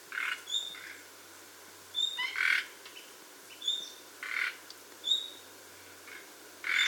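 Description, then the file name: Common nightingale giving sharp high whistles mixed with short grating rasps at uneven intervals, several calls, over a soft steady hiss. "Luscinia megarhynchos"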